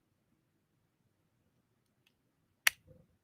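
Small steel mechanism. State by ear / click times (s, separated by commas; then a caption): seated / 2.1 s, 2.7 s. A revolver's metal hammer is pulled back close to the microphone and clicks through two stages to lock the cylinder in firing position. A quiet first-stage click comes at 2.1 s, then a much louder, sharp second-stage click at 2.7 s, followed by faint mechanical rattles, over low background noise. The hammer ends cocked and locked.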